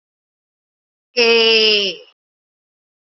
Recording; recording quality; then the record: sustained vowel as in made; excellent, no background noise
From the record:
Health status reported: healthy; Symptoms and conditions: none ticked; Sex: female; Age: 54 years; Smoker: not ticked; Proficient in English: yes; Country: India